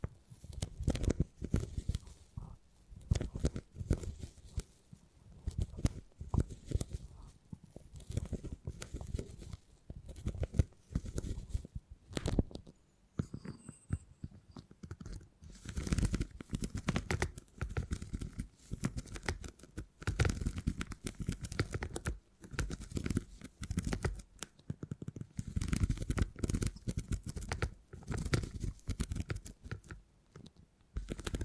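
Beeswax being handled for tingly sounds: a dense, continuous run of soft crackles, taps and sticky squishes, mostly low and thick with brief brighter clicks. The rhythm is irregular, with a lighter, sparser stretch around twelve to fourteen seconds before the busy handling resumes.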